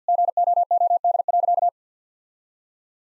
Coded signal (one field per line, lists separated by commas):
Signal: Morse code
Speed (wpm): 50 wpm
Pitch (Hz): 700 Hz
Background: none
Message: GOOD.